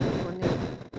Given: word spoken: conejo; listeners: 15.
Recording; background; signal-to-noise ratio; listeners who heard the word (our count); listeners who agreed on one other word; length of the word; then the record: one Spanish word in noise, from a listening test; noise modulated by one talker; -9.7 dB; 0 of 15; 9 of 15; 0.59 s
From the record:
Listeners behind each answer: 9, 1, 1, 1, 1, 1, 1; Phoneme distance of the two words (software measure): 27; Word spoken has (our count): 3 syllables, 6 phonemes, stress on syllable 2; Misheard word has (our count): 2 syllables, 5 phonemes, stress on syllable 2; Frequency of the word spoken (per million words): 8.30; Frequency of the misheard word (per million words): 129.27